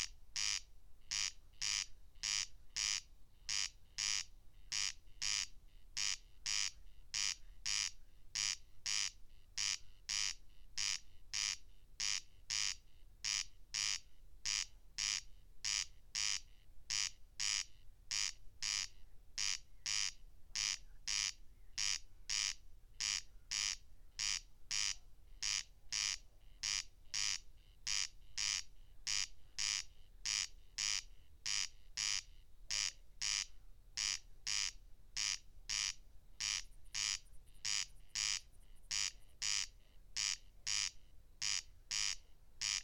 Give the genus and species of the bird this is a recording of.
Crex crex